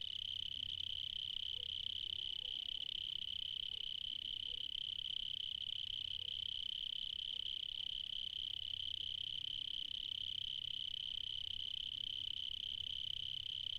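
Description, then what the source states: Cricket song: a high, even trill running without pause. Recorded in the evening in Spain.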